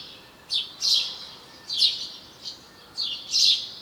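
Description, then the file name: House sparrow chirps, six short bright notes in under four seconds, with quiet gaps between them. "Passer domesticus"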